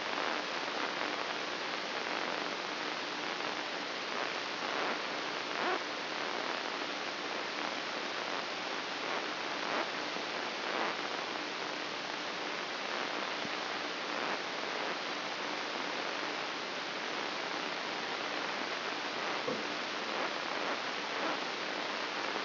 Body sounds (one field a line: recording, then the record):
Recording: brain microelectrode recording played as sound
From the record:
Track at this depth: inside the subthalamic nucleus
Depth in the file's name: 5.063 mm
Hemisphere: left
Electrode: 3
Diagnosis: Parkinson's disease